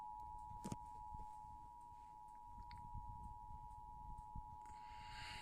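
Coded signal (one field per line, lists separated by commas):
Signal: Emergency Alert System (SAME) tones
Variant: 853 and 960 Hz attention tone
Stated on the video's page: Flash flood warning relayed on a public TV station.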